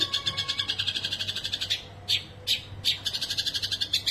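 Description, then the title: Long-tailed shrike song: dense scratchy chattering phrases, broken by a few louder harsh notes, then rapid chatter resuming, over a faint low hum. Song style called 'kombinasi' (combination). "Cendet Kombinasi"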